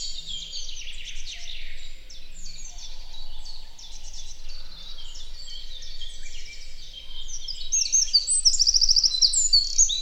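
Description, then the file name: Eurasian wren trilling fast and high near the end, after a steady backdrop of many overlapping bird chirps and twitters. "Troglodytes troglodytes"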